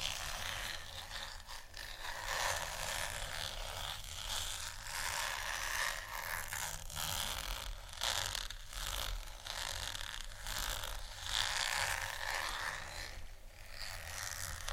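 Scratchy tapping and scratching run without pause for the whole fifteen seconds, a dense, bright rasp broken by quick ticks and clicks. Short gaps and sharper taps recur irregularly, around every second or two, over a low, steady rumble underneath.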